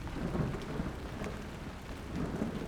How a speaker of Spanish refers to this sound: La lluvia era una cortina que descendía de grandes y abultadas nubes grisáceas que pendían bajas sobre la ciudad.